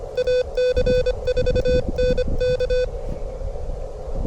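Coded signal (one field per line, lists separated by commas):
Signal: Morse code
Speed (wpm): 26 wpm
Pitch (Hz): 500 Hz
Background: none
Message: AC4NK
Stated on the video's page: Morse code at 25 WPM during a POTA park activation at a state park, in strong wind.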